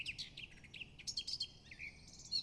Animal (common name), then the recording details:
Eurasian Blackcap. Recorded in Germany. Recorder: ecoPi